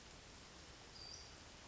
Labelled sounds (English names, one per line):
Western Flycatcher